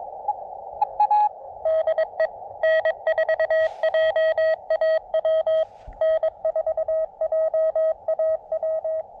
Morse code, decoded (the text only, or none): DE N4JAW N4JAW